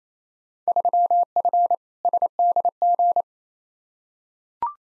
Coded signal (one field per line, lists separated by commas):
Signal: Morse code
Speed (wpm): 28 wpm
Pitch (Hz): 700 Hz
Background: none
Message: 3F SDG